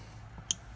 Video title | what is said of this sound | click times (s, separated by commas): ND Miata steering wheel install pt.2 | just snap in snaps in and this | 0.5 s